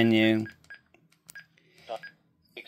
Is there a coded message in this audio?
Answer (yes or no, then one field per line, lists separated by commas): no